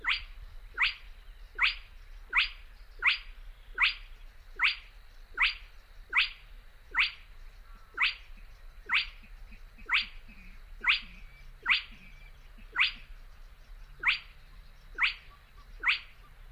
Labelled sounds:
Spotted Crake (Porzana porzana)

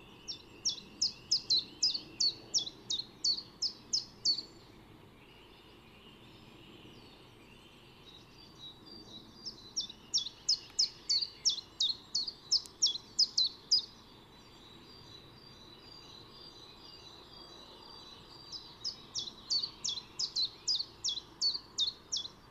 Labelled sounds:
Common Chiffchaff (Phylloscopus collybita) song

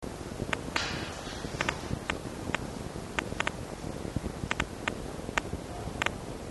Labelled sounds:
Red Fox (Vulpes vulpes)

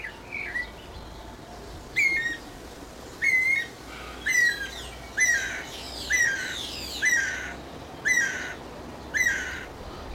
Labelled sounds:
Snowy-crowned Robin-Chat (Cossypha niveicapilla)

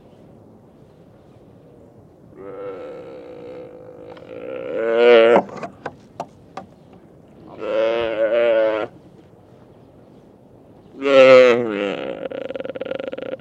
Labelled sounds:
Mule Deer (Odocoileus hemionus)

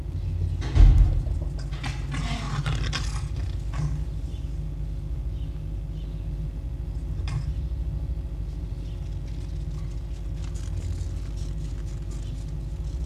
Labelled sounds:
Red Fox (Vulpes vulpes)

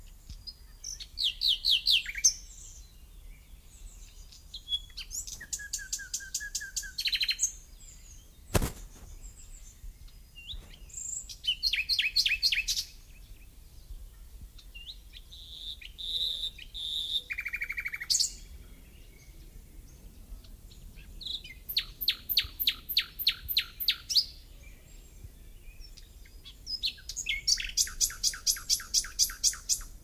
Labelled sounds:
Common Nightingale (Luscinia megarhynchos) song

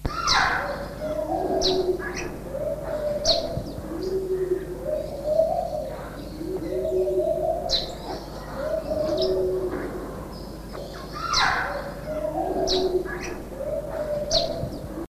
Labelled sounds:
Arabian Golden Sparrow (Passer euchlorus) call

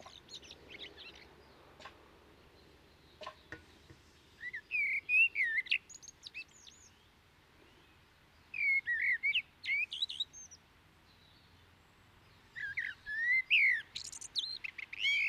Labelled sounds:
Common Blackbird (Turdus merula) song

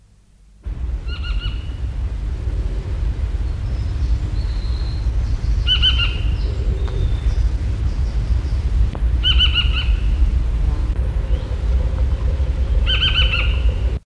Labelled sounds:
Eurasian Golden Oriole (Oriolus oriolus) call

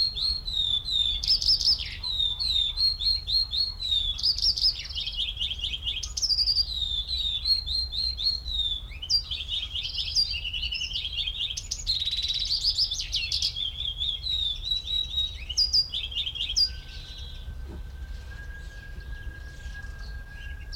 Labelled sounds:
Azure Tit (Cyanistes cyanus)

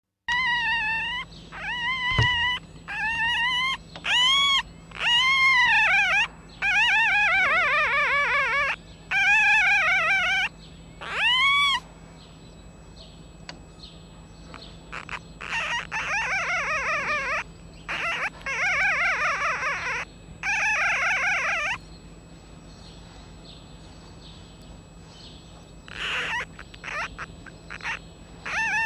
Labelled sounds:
Red Fox (Vulpes vulpes)

